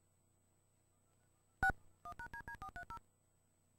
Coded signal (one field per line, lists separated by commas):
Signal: DTMF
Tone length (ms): 90 ms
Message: 6 1#DD430